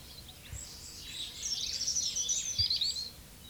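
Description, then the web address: European robin sings a dense, very high, sparkling warble lasting about a second and a half, with soft background bird calls and a couple of low thumps. "pub SETE data Erithacus rubecula"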